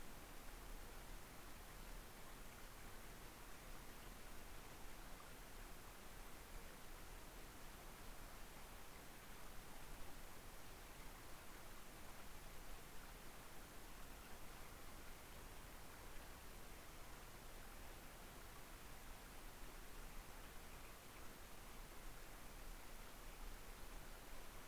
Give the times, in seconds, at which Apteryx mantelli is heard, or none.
none